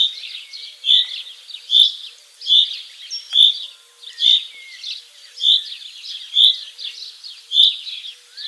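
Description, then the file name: Common chaffinch repeating a clear, high call note about once a second, with quieter twitters filling the gaps. "Fringilla coelebs"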